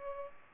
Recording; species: mosquito wingbeat signal from an infrared sensor; Culex pipiens